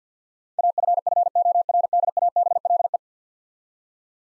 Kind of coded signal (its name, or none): Morse code